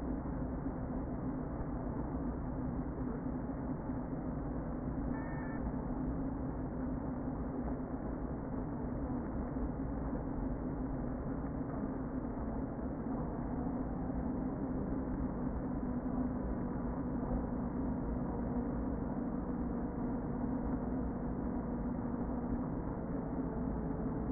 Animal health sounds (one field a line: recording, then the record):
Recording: honeybee colony, microphone inside the hive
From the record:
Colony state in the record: queen present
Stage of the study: before two queens were removed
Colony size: about 60,000 bees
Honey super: yes